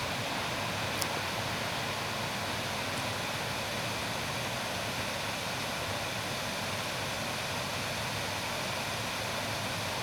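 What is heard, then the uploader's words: The burn roars on in an even, dense rush of water that holds steady for the whole stretch, full through the low and middle range with a hissing top. A tiny bright tick cuts through just after the first second, and a fainter one follows near three seconds. Recording the dull roar of Palnure Burn.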